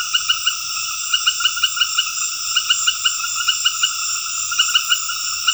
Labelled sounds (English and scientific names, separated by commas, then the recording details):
none
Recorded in dense forest near Puerto Asís, Putumayo, Colombia, on 8 March 2025 at 20:00
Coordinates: 0.484, -76.325
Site G045